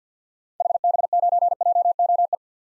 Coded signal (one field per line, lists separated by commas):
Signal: Morse code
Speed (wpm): 50 wpm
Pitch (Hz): 700 Hz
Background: none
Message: HB9JOE